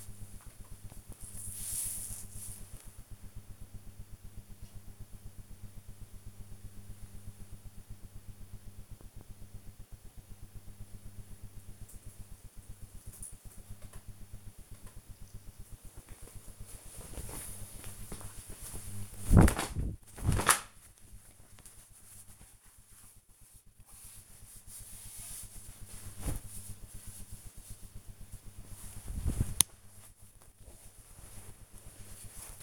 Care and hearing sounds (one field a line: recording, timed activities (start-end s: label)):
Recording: household activities, microphone on the right wrist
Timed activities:
14.68-32.62 s: folding laundry